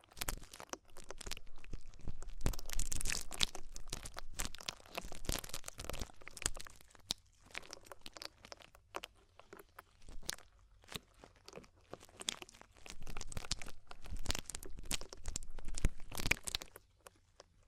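Ear-cleaning ASMR sounds: dense bursts of crunching, crinkling and scratchy rubbing come in waves of a second or two, with brief quiet gaps between them. The texture is bright and crackly, with the busiest stretches around 3 and 16 seconds and a faint low hum underneath.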